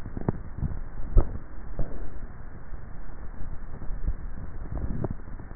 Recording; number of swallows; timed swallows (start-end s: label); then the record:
swallowing sounds by neck microphone; 2
0.95-1.88 s: swallow
3.88-4.72 s: swallow
From the record:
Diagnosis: dysphagia